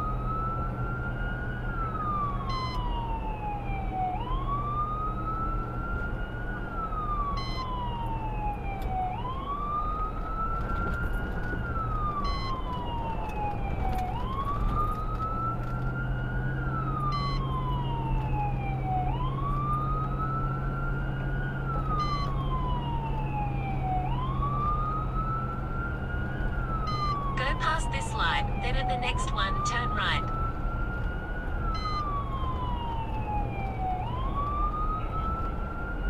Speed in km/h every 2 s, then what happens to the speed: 85, 84, 84, 82, 82, 81, 81, 81, 82, 84, 87, 89, 90, 90, 89, 89, 89, 87.
0-15 steady at about 82. 15-24 speeds up to 90. 24-36 steady at about 89.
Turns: none.